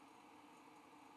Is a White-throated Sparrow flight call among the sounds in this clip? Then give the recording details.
no. No flight call is heard. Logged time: 07:45 on 5 December 2014